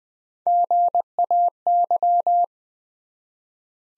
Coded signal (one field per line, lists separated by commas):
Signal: Morse code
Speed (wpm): 20 wpm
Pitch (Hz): 700 Hz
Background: none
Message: GAY